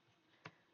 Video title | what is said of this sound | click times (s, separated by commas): lego licorne + les projets de point de croix | Vous avez entendu ? Claque | 0.5 s